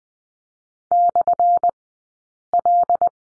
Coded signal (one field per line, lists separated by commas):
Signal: Morse code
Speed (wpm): 20 wpm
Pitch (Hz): 700 Hz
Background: none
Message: /L